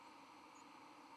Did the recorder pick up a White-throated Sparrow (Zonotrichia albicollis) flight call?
no